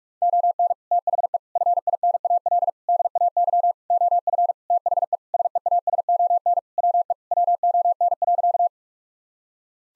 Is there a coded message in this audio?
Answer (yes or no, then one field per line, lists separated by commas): yes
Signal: Morse code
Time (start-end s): 0.2-8.7 s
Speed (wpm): 46 wpm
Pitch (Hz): 700 Hz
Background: none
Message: ON THE FINAL DAY OF THE SEASON WE WON.